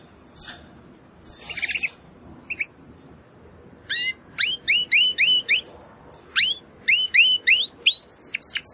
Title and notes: Canário Belga Campainha Canary Singing. Canario Belga Cantando